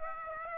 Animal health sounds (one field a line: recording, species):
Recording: mosquito wingbeat signal from an infrared sensor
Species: Aedes aegypti